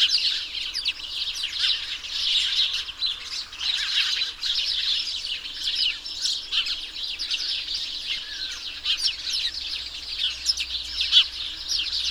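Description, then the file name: House sparrow flock chattering, a steady wash of overlapping chirps and squawky notes with no pauses, intensity rising and falling in waves. "Passer domesticus"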